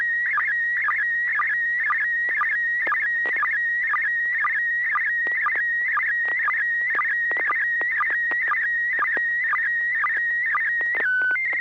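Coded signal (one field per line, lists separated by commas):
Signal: SSTV (slow-scan television)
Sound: steady whistling tone with rhythmic short low blips, about two per second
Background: low hum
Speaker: Affirm, you got a tone. AI6DG, KL7H2R,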